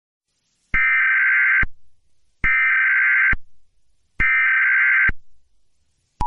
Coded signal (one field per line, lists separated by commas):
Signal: Emergency Alert System (SAME) tones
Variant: header bursts